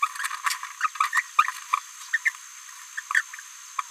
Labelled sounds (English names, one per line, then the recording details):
Green-rumped Parrotlet babbling
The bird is a female
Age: 27 days
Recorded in a nest box in Venezuela
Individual 17B73B3